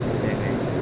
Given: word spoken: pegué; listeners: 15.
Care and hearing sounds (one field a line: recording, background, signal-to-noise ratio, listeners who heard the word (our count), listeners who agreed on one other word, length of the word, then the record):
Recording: one Spanish word in noise, from a listening test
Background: speech-shaped noise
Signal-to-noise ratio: -6.9 dB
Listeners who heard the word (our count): 0 of 15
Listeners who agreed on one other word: 8 of 15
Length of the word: 0.42 s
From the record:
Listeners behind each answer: 8, 2, 1, 1, 1, 1, 1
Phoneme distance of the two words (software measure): 27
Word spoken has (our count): 2 syllables, 4 phonemes, stress on syllable 2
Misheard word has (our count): 2 syllables, 5 phonemes, stress on syllable 2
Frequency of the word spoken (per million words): 1.21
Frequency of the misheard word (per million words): 380.37